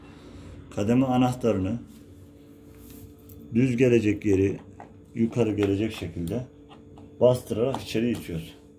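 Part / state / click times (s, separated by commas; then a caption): replacement selector switch into built-in oven control panel / not seated / none. A new replacement rotary selector switch (commutator) is pressed inward into the control panel of a built-in oven, with its marked side facing up, while someone talks. Only faint handling noise is heard between the speech, and the switch has not seated or clicked into place yet.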